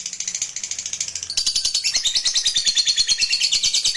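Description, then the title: Lovebird song, fast chattering high notes that rise in strength partway through, becoming a dense buzzy pulsing stream. A lovebird sound intended to prompt a lazy, reluctant lovebird to sing spontaneously and eagerly. "LOVEBIRD Malas Bunyi JADI GREGET SPONTAN Langsung NARIK"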